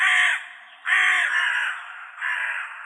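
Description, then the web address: Hooded crow cawing: three harsh, hoarse caws, the first short and the next two longer and drawn out, with no other sounds. "Corvus corone cornix"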